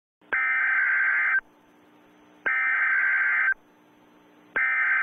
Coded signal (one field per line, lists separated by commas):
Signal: Emergency Alert System (SAME) tones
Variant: header bursts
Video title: EAS Scenario The Innocent REMAKE Part 2